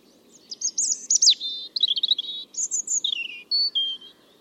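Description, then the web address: European robin delivering a varied, high warbling phrase of fluty slides, trills and short whistles, with pauses between segments; gentle background hiss. "Deverinetal 2025 File origin Bird Only Er Ru"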